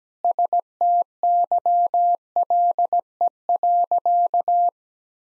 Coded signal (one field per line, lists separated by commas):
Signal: Morse code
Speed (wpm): 17 wpm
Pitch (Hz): 700 Hz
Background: none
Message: STYLE.